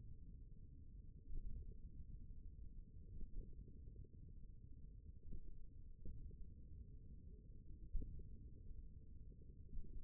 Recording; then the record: forearm muscle sounds (acoustic myography)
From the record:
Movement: hand opening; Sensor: system 1, eight BSWA MPA416 microphones around the upper forearm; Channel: 1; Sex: male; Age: 54 years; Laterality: right